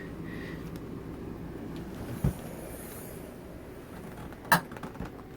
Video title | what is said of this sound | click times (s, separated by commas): 103 Radiator Maintenance | hear it latch. There's a little latching mechanism right there. | 4.5 s